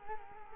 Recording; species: mosquito wingbeat signal from an infrared sensor; Culex quinquefasciatus